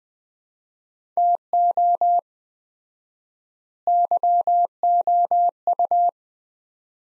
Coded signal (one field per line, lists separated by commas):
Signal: Morse code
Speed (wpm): 21 wpm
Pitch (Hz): 700 Hz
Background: none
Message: TO YOU